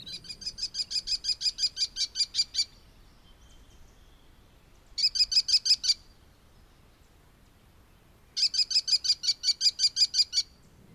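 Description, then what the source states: American kestrel calling: shrill, high klee-klee notes in three quick bursts of several to a dozen sharp notes, separated by pauses. A raptor found in Point Reyes National Seashore.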